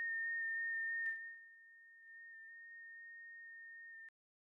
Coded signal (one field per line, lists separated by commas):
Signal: FT8